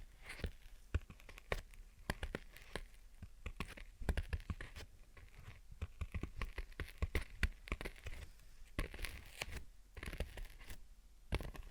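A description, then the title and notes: Gentle tapping and scratching, made of many short, sharp clicks and taps scattered irregularly through the whole twelve seconds. Between them runs a soft, dry scraping rustle. Some brief bursts come in quick clusters, especially around four and ten seconds. Gentle Tapping and Scratching. (No Talking).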